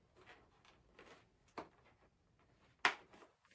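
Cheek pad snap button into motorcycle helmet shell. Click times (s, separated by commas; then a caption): 2.9 s. A cheek pad's snap buttons are pressed together onto a motorcycle helmet shell after the chin strap has been threaded through the pad. A few soft handling rustles and a small tap near 1.6 s lead up to one sharp, bright snap at 2.9 s as the button clicks in and the pad seats.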